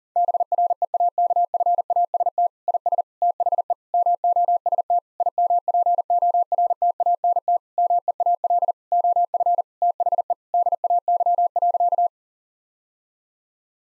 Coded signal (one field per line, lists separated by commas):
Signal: Morse code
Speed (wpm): 40 wpm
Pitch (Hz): 700 Hz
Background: none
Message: BREAKFAST IS THE MOST IMPORTANT MEAL OF THE DAY.